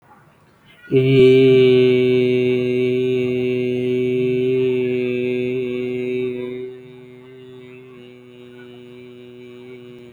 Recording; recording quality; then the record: sustained vowel as in made; excellent, no background noise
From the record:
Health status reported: healthy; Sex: male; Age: 21 years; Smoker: no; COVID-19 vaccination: both doses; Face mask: not worn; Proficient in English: yes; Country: India